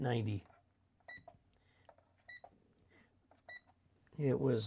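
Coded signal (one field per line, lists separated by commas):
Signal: none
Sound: a microwave's beeps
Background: speech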